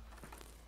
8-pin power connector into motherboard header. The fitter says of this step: should click and everything should be flush clicked